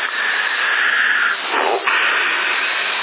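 An aerosol spray paint can hisses in a steady, continuous burst lasting about three seconds, with a brief rougher, lower patch in the middle before the even hiss resumes. No voices.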